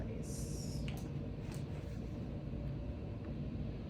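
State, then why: Not seated. Two blanket cable connectors are being handled at the ports on the back of a cold therapy cooling machine, against a steady low rumble with a brief hiss and a sharp tick at 0.9 s. Nothing has seated or clicked yet.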